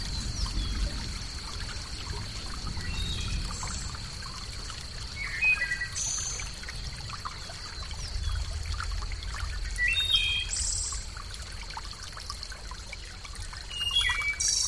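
A natural soundscape: water trickles and pours steadily throughout, over a low rumble that swells around 1–3 and 8–9 seconds. Short, bright bird chirps break in every few seconds, clustered near 5–6, 10 and 14 seconds, above a thin, constant high whine.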